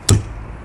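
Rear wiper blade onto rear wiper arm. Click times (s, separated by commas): 0.1 s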